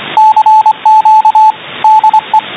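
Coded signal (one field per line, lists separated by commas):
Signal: Morse code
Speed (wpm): 24 wpm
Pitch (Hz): 870 Hz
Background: radio noise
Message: CQ DE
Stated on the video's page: Morse code received on an SDR at 28.028 MHz USB.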